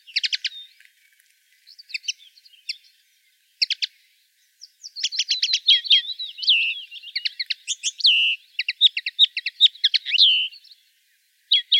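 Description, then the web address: Common linnet singing: scattered single chirps at first, then from about five seconds a sustained stream of rapid twittering, trills and slurred notes. "rdewys kneu"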